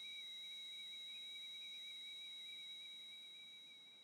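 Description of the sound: A steady, high-pitched whistle holds one unchanging pitch over a soft hiss for four seconds, fading slightly at the end. It is a simulation of constant tinnitus, a ringing that is literally always there, as opposed to intermittent tinnitus that comes at different times of the day.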